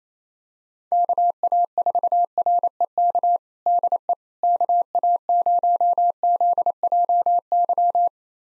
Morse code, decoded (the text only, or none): KA4REK DE KA0ZJY